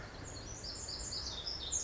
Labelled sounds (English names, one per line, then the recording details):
Pacific Wren
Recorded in Sonoma County, California